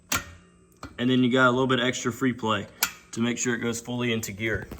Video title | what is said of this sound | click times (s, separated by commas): Arctic Cat 400 Shifting Issue Solved | it went on like way on past that but I have it adjusted to where it just clicks in | 0.1 s